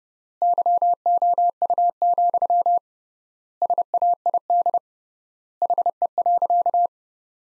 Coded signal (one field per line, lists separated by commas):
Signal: Morse code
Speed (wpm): 32 wpm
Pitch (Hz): 700 Hz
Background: none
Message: YOU, SAID HE.